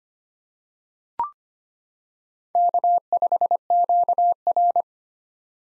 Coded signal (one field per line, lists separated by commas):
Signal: Morse code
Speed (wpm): 25 wpm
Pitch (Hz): 700 Hz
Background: none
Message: K5QR